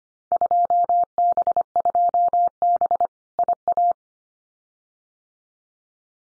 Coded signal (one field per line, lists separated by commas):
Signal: Morse code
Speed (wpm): 25 wpm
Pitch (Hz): 700 Hz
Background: none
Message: 2B2B IA